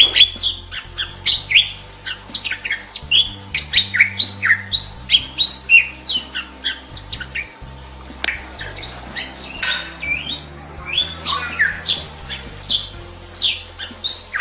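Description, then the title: Bali myna song: a continuous, varied stream of whistled slurs and chattering notes, some rising and some falling, over a faint low hum. Masteran tutor recording of unusual-sounding Bali myna song, used to train songbirds for singing contests. "Masteran Jalak Bali Yang BERSUARA UNIK Untuk Gacoran Juara"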